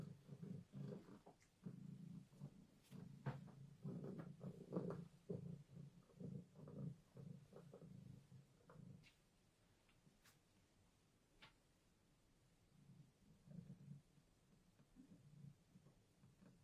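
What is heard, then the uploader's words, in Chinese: Hair is combed gently: soft, low brushing strokes repeat in a fairly steady rhythm for about nine seconds, with small sharp clicks scattered through. A hushed pause with a few ticks follows, then quieter strokes return near the end. 温温柔柔梳头发。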